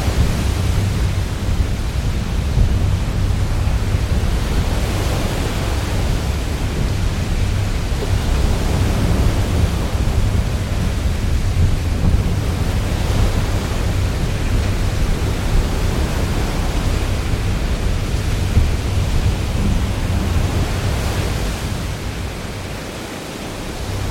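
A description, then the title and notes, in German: Wind and rain make a steady, dense rushing hiss over a heavy low rumble, with a constant deep drone underneath. The level holds nearly even throughout, swelling slightly in soft waves, and eases off a little in the last few seconds. Weißes Rauschen von Wind und Regen aus der Schiffskabine. Mit Windgeschwindigkeiten von erstaunlichen 70-80 Knoten und Regen, der unerbittlich auf den Stahlrumpf prasselt.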